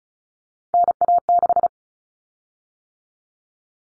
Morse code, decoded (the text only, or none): NA6